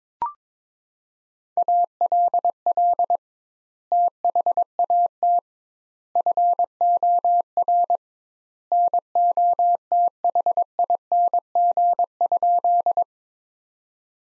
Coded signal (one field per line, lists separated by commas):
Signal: Morse code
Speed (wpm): 22 wpm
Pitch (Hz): 700 Hz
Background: none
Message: ALL THAT FOR NOTHING?